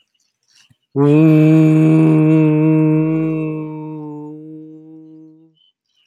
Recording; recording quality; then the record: sustained vowel as in boot; excellent, no background noise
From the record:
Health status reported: exposed to COVID-19, no respiratory illness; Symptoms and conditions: sore throat, muscle pain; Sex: male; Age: 35 years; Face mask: not worn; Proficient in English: yes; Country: United States